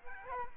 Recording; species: mosquito wingbeat signal from an infrared sensor; Aedes aegypti